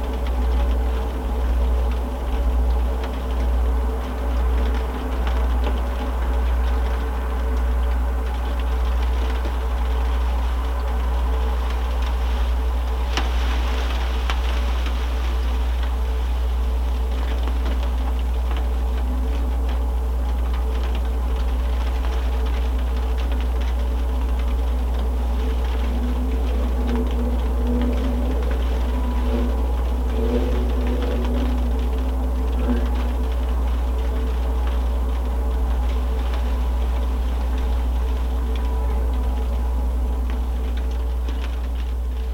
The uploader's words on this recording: Recording of snowfall and ambience using a contact microphone attached to a baking sheet. Porch in snowfall Carrollton, OH baking sheet -> JrF Contact Microphone -> Sound Devices MixPre 3. Snowfall and Chimes.